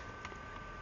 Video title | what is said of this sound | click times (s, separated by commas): Clack Ozone Generator Installation | Lever it up until it snaps in. | 0.2 s